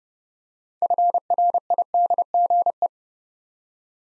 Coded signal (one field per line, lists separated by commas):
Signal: Morse code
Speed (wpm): 30 wpm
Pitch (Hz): 700 Hz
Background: none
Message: FRIDGE